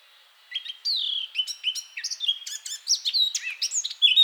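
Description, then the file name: Eurasian blackcap warbling: a rapid mix of sharp clicks, buzzy chatter and pure whistled slurs, quickly changing pitch throughout. "Sylvia atricapilla"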